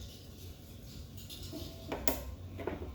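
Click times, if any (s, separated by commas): 2.1 s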